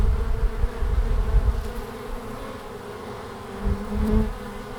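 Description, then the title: Honey bees buzzing in a dense, steady drone, low hum with individual bees passing close and briefly swelling louder. Bees in large numbers flying out at the hive entrance, Langel, Köln, Germany, in March at 20 °C during sunny hours; recorder placed directly below the entrance hole, some bees briefly caught on the windshield fur. "Langel, Köln, Deutschland - Bienen im März. Bees in march"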